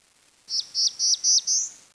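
Bird giving five high, clear, evenly spaced notes, each a short whistle with a downward flick, the last slightly rising.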